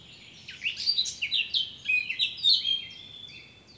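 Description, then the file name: Eurasian blackcap singing one continuous, hurried warble of clear, fluty and scratchy notes that tumbles along for about three seconds before trailing off. "Sylvia atricapilla"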